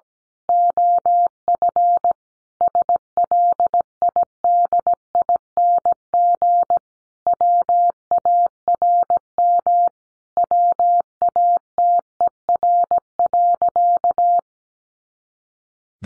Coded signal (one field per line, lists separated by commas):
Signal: Morse code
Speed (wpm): 17 wpm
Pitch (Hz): 700 Hz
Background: none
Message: OF SLIDING WARM WATER.